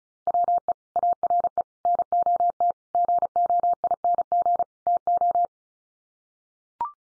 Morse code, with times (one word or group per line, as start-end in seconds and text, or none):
0.3-0.7 WE
1.0-1.6 ARE
1.9-2.7 NOT
2.9-4.6 GOING
4.9-5.5 TO